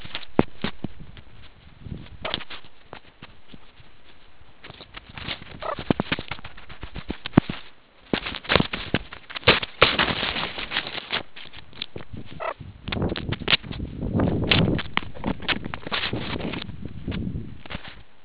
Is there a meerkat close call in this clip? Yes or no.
yes